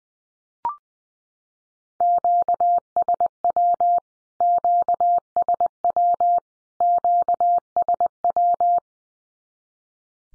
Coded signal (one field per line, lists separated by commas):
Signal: Morse code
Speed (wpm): 20 wpm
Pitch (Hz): 700 Hz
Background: none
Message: QSW QSW QSW